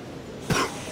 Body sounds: coughing mixed with background sound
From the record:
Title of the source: Coughing 46

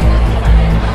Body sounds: background sound without coughing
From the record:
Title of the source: Party Noise 1 Hour Party Ambience

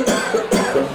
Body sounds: coughing mixed with background sound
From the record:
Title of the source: Residual Phlegmy Morning Coughing and Gagging

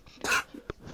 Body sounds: coughing mixed with background sound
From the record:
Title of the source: 64 coughing, allergies, singing lungs

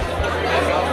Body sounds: background sound without coughing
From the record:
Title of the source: CITY SOUNDS Busy Bar in the Evening Night - 2 HOURS of Ambiance for Relaxation

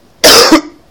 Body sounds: coughing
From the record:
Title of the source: Coughing 60

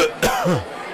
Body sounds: coughing mixed with background sound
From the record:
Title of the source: Coughing 51

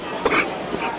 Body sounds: coughing mixed with background sound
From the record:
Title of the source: 31 night wet cough

